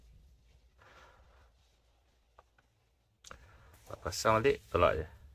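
Someone talks while the lock clip on the long ceramic-disc valve cartridge of an Atocco two-way bidet-holder tap is being pushed back into place by hand, with faint handling noise and a couple of tiny ticks near 2.4 and 2.6 s. Nothing has seated or clicked yet.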